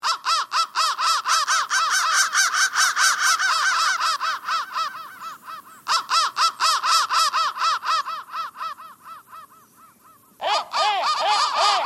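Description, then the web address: Crow cawing in fast bursts of harsh, hoarse notes, several per second; a loud run fades out, resumes around six seconds, then a final loud burst near the end. "soundfactory crow"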